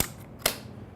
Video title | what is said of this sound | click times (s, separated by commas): What to Look for in a Biscuit Joiner - WOOD magazine | on this black reference plate which is included in the kit slide right in and locks locks in place | 0.5 s